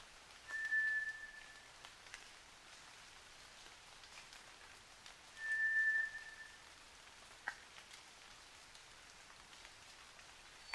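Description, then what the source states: White's thrush song: two identical thin monotone whistles about five seconds apart, with soft rain pattering throughout. At night, 29 June 2009, 23:14.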